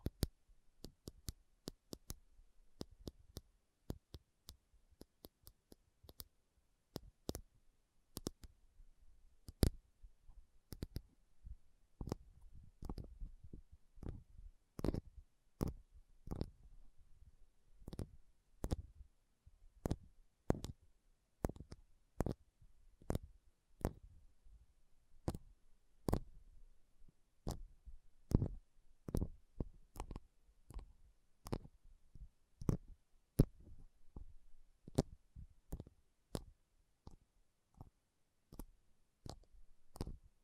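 Slow tapping on metal, sharp bright clicks landing roughly once or twice a second, some harder with a low thud, over near silence.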